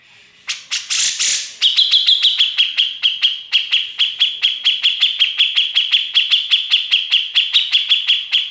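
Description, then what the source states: Grey-cheeked bulbul song: one harsh burst, then a long, steady run of sharp repeated chips continuing to the end. Masteran training audio.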